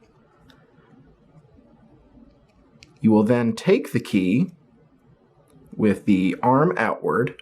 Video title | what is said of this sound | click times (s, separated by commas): Single Laptop Keyboard Keys Repair Guide - HP PAVILION 15-CX 4B NEZ01.001-A02 | making sure to hear a snap from each. | 0.5 s, 2.8 s